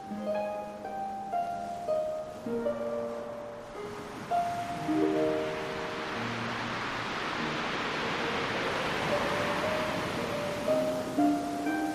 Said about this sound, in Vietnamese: mặc cho tiếng sóng vẫn vỗ ầm ầm ngoài kia.